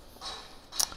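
A shoulder-strap clip is being handled toward the attachment point of an Ortlieb Back-Roller Free QL 3.1 waterproof bicycle pannier, meant to lock onto its hook. A soft rustle is heard around 0.2–0.4 s, then a brief, sharp transient near 0.8 s. The clip has not yet gone home and nothing has seated or clicked yet.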